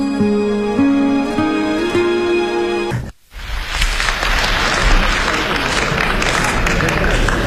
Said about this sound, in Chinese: 从掌声当中我听出来了。 什么呀？ 咱们亲爱的观众对你是比较熟悉啊。